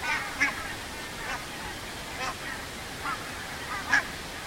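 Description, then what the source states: Barnacle goose calls, several separate short nasal yelps over a steady background hiss. Several barnacle geese.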